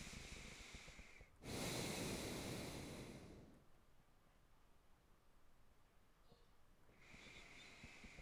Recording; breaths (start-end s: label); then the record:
nose breathing near a microphone
0.00-1.35 s: inhalation
1.35-3.51 s: exhalation
6.81-8.21 s: inhalation
From the record:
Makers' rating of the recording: good